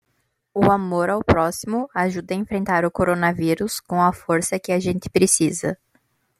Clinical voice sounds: spoken sentence; Brazilian Portuguese; male; 20 to 29 years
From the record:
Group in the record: control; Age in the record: 24 years

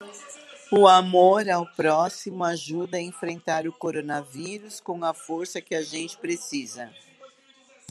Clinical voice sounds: spoken sentence; Brazilian Portuguese; female; 60 to 69 years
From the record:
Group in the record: control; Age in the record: 61 years

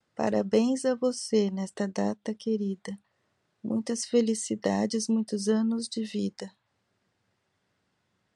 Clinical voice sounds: short text; Brazilian Portuguese; female; 50 to 59 years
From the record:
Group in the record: control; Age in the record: 52 years

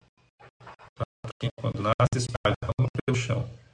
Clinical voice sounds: short text; Brazilian Portuguese; male; 40 to 49 years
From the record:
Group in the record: control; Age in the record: 42 years

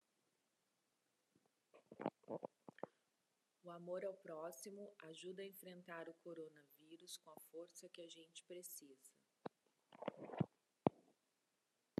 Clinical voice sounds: spoken sentence; Brazilian Portuguese; female; 40 to 49 years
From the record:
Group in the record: control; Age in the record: 46 years

